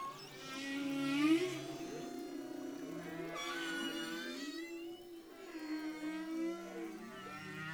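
Humpback whale song of soft harmonic moans and wavering mid-pitched tones, with a few short rising sweeps.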